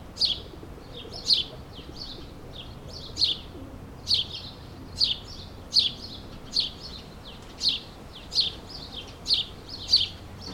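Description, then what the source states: Sparrows repeat sharp, bright chirps about every second, each note clear and separate, over a quiet low background. Suburban ambient recording, May 2022, several sparrows.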